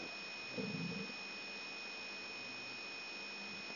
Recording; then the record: brain microelectrode recording played as sound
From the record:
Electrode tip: outside the subthalamic nucleus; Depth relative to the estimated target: -4 mm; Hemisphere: right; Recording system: AlphaMap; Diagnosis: Parkinson's disease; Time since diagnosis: 14 years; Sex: male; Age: 66 years